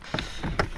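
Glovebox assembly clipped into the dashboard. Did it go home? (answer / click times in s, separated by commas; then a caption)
released / 0.2 s, 0.6 s. On a Renault Scenic 3, with its screws already removed, the glovebox assembly clipped into the dashboard is pulled down hard to unclip it, as part of freeing up room to repair the ventilation blower after water got in. Sharp clip pops are heard at 0.2 s and 0.6 s, the second one louder. The glovebox assembly releases and comes out.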